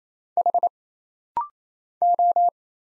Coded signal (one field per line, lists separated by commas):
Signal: Morse code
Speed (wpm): 27 wpm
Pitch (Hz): 700 Hz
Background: none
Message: H O